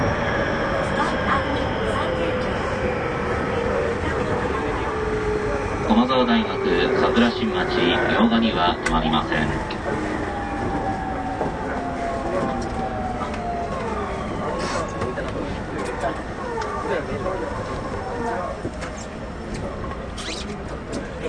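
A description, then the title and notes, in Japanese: Inside a moving commuter train, a steady dense rumble of wheels and motors fills the whole stretch. A motor whine slides slowly in pitch as the train changes speed, and a spoken announcement with a short chime stands out around six to nine seconds. 東武30000系 渋谷〜あざみ野。車体20m両開き4ドア、車体は軽量ステンレス製鋼体であり。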